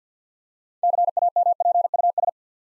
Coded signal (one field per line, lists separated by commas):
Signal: Morse code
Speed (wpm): 50 wpm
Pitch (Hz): 700 Hz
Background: none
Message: CAMPUS